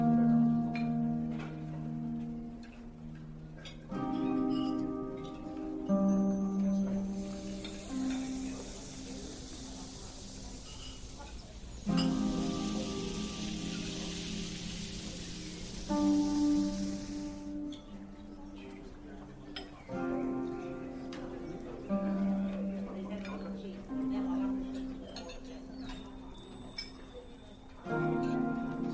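A fantasy fairy cafe ambience built from soft, steady chatter and a gentle wash of hiss, with chiming tones that shift every few seconds. Clinks of dishes and small bright chimes ring out now and then, including a cluster near the end.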